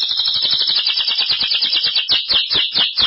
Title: Canario Belga